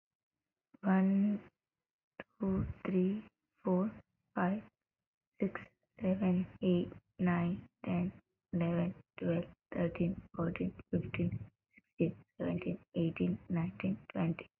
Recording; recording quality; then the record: counting at a normal pace; excellent, no background noise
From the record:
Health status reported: healthy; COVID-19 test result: not tested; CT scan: not taken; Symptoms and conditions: cough, cold, fever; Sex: female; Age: 31 years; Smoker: no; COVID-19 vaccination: both doses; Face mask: not worn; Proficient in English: yes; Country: India